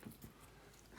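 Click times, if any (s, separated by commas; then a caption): none. A battery connector pin is handled against the positive side of a plastic EC5 connector housing on an RC battery, done one side at a time to avoid the risk of shorting things out. Faint handling rustles and small taps are heard near the start, then a sharper, louder tick right at the end around 1.0 s. Nothing has seated or clicked yet.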